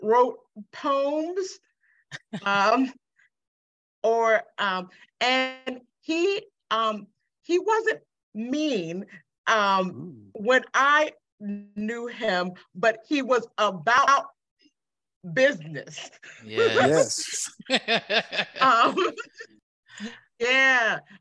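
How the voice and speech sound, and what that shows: Slow, halting conversational speech from an adult woman who survived a stroke, with short phrases broken by pauses of one to two seconds and repeated drawn-out "um" fillers. The effortful, interrupted word retrieval fits aphasia after stroke.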